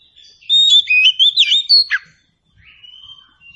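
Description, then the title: Oriental magpie-robin gives a fast run of bright whistled and warbled notes, ending in a sharp downward note, then a quiet thin whistle trailing off. Indonesian title says the recording is meant to make magpie-robins sing in reply. "Nyaut Kacer"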